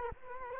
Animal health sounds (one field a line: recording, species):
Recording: mosquito wingbeat signal from an infrared sensor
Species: Culex quinquefasciatus